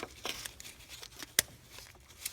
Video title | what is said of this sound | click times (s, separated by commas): BMW N52 valve cover and spark plug replacement e91 328i | and it makes a nice audible click | 1.4 s